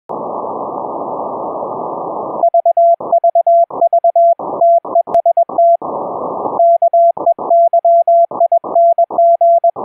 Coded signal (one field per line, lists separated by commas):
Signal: Morse code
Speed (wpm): 21 wpm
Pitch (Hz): 680 Hz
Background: none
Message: VVV TEST KEYING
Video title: Remote iambic Paddles & Straight Key keying a RIG over ip using a TEENSY midi board & a Raspberry PI